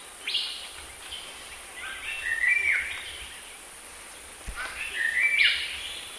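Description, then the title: Bird song in two warbled phrases of sliding, slurred notes over a steady high insect-like hum. "burung"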